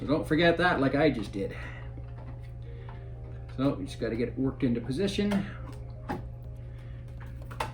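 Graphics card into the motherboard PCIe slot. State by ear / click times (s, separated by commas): not seated / none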